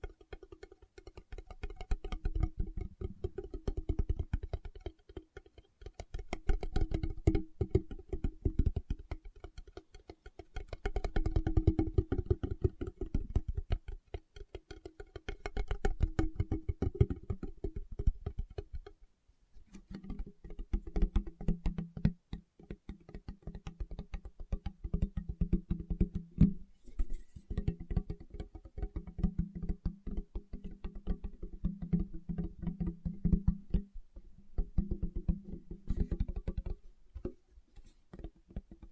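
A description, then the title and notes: Fingertip tapping comes in rapid, dense bursts of soft low knocks, pausing briefly around twenty seconds before resuming with a steadier, slightly higher tone. ASMR Tapping with Fingertips (No Talking).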